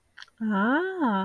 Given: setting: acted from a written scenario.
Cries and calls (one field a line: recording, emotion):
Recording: vocal sound without words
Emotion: realization